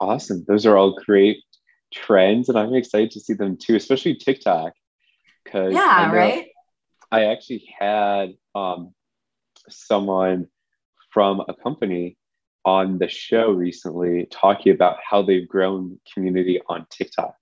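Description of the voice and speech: A low-pitched adult male voice speaks clearly and fluently, with brief pauses and one filler; ordinary speech.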